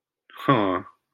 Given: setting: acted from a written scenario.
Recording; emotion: vocal sound without words; adoration